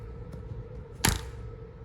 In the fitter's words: now it's fixed it's locked it's not going anywhere